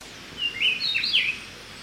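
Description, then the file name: Speckle-breasted wren delivering a quick run of clear, ringing whistled notes that rise and fall in pitch, with a soft hiss throughout. "Pheugopedius sclateri - Speckle-breasted Wren"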